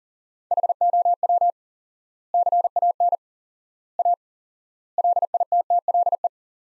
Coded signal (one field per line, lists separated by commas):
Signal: Morse code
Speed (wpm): 40 wpm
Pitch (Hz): 700 Hz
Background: none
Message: HOW CAN A LITTLE